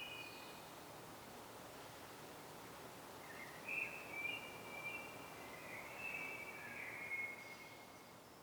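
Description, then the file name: Common blackbird song, a drawn-out series of soft fluting and warbled notes in the latter half, against a steady hissing background. "Turdus merula"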